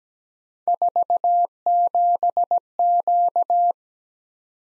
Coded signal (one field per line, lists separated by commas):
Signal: Morse code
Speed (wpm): 17 wpm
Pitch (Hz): 700 Hz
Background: none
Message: 47Q